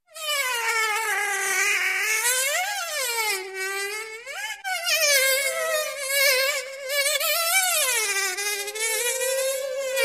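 Insect buzzing with a steady whining drone whose pitch swells and dips repeatedly, rising and falling several times over ten seconds.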